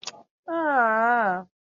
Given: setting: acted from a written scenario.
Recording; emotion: vocal sound without words; realization